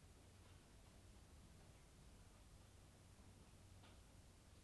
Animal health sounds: poultry house recording; no chicken sound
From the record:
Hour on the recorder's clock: 22

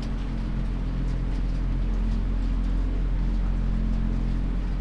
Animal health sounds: poultry house recording; no chicken sound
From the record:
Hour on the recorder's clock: 23

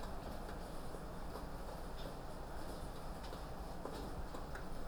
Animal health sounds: poultry house recording; no chicken sound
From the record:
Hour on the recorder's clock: 21

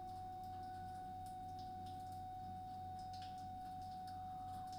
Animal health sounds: poultry house recording; no chicken sound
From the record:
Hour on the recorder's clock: 21

